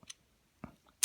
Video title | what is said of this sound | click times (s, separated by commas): ryanbrandon | and press till you hear it click | 1.0 s